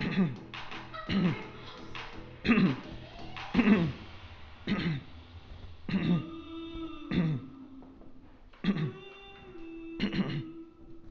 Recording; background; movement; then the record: throat clearing; music; sitting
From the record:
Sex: male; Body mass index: 22.0 kg/m2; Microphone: on the chest, facing outward